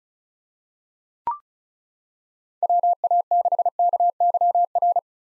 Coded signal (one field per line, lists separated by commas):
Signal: Morse code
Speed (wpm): 36 wpm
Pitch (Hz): 700 Hz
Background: none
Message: WA6KYR